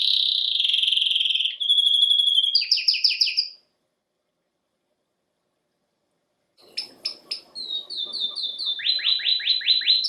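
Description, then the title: Domestic canary song: rapid trills and pulsed notes, a silent gap of about three seconds, then sharp chirps and a fast note series. Male Belgian canary singing a lot, used to warm up a young canary. "Canary Training Esquente Seu Filhote E Canario Belga Macho Cantando Muito"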